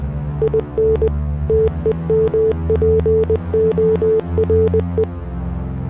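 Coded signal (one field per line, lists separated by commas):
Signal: Morse code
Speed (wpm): 20 wpm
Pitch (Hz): 440 Hz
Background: none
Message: IN TEMPORE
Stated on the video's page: Text and music in Morse code.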